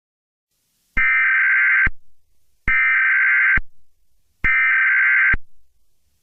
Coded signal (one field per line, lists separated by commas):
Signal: Emergency Alert System (SAME) tones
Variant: header bursts